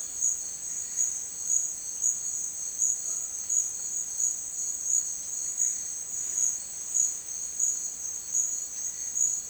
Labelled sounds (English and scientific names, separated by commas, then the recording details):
none
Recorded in dense forest near Puerto Asís, Putumayo, Colombia, on 22 June 2025 at 11:30
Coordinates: 0.468, -76.322
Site GP03